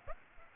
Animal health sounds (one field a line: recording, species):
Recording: mosquito wingbeat signal from an infrared sensor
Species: Aedes aegypti